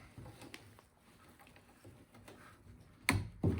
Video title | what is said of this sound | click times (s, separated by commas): A Simple Truck Upgrade To Keep Everyone Safe! | clicks into place put | 3.1 s